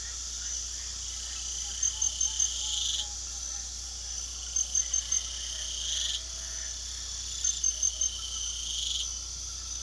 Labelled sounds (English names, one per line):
none